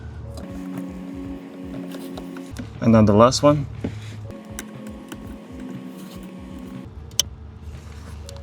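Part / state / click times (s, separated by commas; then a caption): T-harness connector into body control module socket / seated / 7.2 s. The last T-harness connector of a remote start kit is pushed into the lower body control module socket of a 2011–2015 Kia Optima while someone talks over background music. A single loud, sharp click at 7.2 s shows the connector seating fully into the module.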